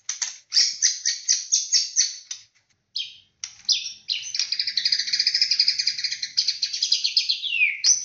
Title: murai batu